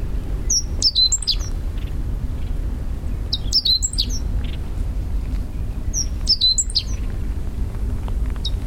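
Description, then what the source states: Meadow bunting call bursts of thin, high, clipped notes, three clusters spaced roughly every three seconds, with a constant low background hum. Subspecies Emberiza cioides castaneiceps.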